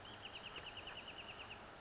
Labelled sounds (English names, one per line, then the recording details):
Wrentit
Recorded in Sonoma County, California